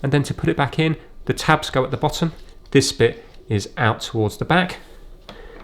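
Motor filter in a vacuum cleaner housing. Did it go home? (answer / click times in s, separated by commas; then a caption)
yes / 5.3 s. Someone talks while the cleaned motor filter of an Amazon Basic vacuum cleaner, which was washed in warm water and left to fully dry, is pushed back into its housing at the back of the vacuum with the tabs at the bottom. A short sharp click is heard at 5.3 seconds as the filter clicks into place and is seated.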